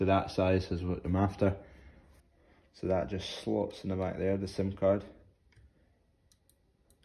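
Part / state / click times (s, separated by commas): SIM card into camera card slot / seated / 6.3 s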